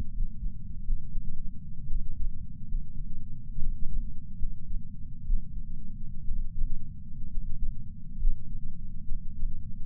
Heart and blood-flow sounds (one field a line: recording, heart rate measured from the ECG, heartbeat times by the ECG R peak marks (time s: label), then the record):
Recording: heart sounds by patch sensor on the chest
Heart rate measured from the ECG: 67 bpm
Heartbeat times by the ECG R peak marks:
0.09 s: heartbeat
0.81 s: heartbeat
1.85 s: heartbeat
2.65 s: heartbeat
3.57 s: heartbeat
4.35 s: heartbeat
5.21 s: heartbeat
6.23 s: heartbeat
7.27 s: heartbeat
8.15 s: heartbeat
9.03 s: heartbeat
From the record:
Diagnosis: coronary artery disease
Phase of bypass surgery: postoperative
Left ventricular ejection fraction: 41.5%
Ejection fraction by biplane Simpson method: 34.6%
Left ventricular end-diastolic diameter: 67 mm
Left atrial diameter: 53 mm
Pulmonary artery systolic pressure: 24 mmHg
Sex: male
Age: 61 years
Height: 174 cm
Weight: 80 kg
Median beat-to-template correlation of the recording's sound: 0.54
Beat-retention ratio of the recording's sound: 0.99